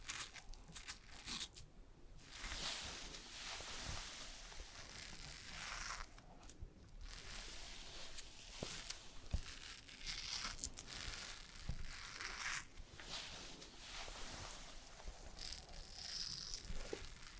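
A haircut and shave with dense, crisp scraping and crinkling textures running almost continuously, bright and hissy in the upper range. Brief pauses come around two, six and eight seconds, and sharp clicks punctuate the strokes, notably near nine seconds.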